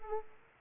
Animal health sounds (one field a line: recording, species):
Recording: mosquito wingbeat signal from an infrared sensor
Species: Aedes aegypti